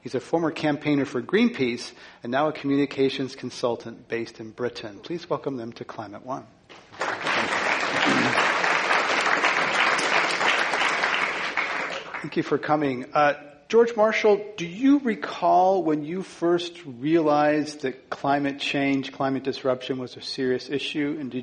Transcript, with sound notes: He's a former campaigner for Greenpeace and now a communications consultant based in Britain. Please welcome them to Climate One.
[Applause]
Thank you for coming. George Marshall, do you recall when you first realized that climate change/climate disruption was a serious issue?